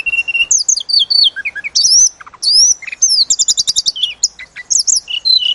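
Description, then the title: Sunda robin song: a rapid, varied run of high whistles, slurred notes and short trills, shifting pitch constantly with brief pauses between phrases. Lure recording of Sunda robin used to provoke birds into excited singing and make them deliver their full learned repertoire. "Pancingan Tledekan Gunung Agar Emosi Bongkar Isian"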